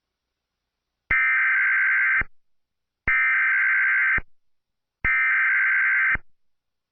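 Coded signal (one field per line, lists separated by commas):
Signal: Emergency Alert System (SAME) tones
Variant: header bursts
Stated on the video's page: Real tornado warning alert for a supercell thunderstorm.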